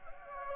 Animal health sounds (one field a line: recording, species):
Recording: mosquito wingbeat signal from an infrared sensor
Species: Anopheles gambiae